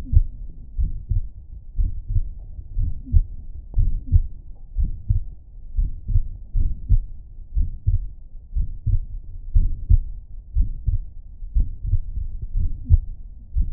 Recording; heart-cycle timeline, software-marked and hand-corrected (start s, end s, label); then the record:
heart sounds
0.00	0.13	systole
0.13	0.27	S2
0.27	0.79	diastole
0.79	0.91	S1
0.91	1.11	systole
1.11	1.23	S2
1.23	1.79	diastole
1.79	1.91	S1
1.91	2.13	systole
2.13	2.25	S2
2.25	2.79	diastole
2.79	2.91	S1
2.91	3.13	systole
3.13	3.25	S2
3.25	3.77	diastole
3.77	3.91	S1
3.91	4.11	systole
4.11	4.23	S2
4.23	4.79	diastole
4.79	4.91	S1
4.91	5.11	systole
5.11	5.23	S2
5.23	5.77	diastole
5.77	5.89	S1
5.89	6.11	systole
6.11	6.23	S2
6.23	6.57	diastole
6.57	6.69	S1
6.69	6.91	systole
6.91	7.03	S2
7.03	7.57	diastole
7.57	7.69	S1
7.69	7.89	systole
7.89	8.01	S2
8.01	8.55	diastole
8.55	8.67	S1
8.67	8.87	systole
8.87	9.01	S2
9.01	9.55	diastole
9.55	9.71	S1
9.71	9.89	systole
9.89	10.03	S2
10.03	10.55	diastole
10.55	10.69	S1
10.69	10.89	systole
10.89	11.01	S2
11.01	11.55	diastole
11.55	11.67	S1
11.67	11.89	systole
11.89	12.01	S2
12.01	12.57	diastole
12.57	12.71	S1
12.71	12.91	systole
12.91	13.03	S2
13.03	13.57	diastole
13.57	13.69	S1
13.69	13.72	systole
From the record:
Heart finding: mitral regurgitation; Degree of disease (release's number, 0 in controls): 2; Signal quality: good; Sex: female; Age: 82 years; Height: 1.53 m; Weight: 60 kg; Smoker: no